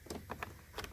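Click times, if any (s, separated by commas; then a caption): none. The plastic cover on a replacement driver side mirror for a 2016 Chevy is handled and pressed toward the mirror housing at its two clips. Short, sharp plastic ticks come at about 0.3, 0.4 and 0.8 seconds over a low background. Nothing has seated or clicked into place yet.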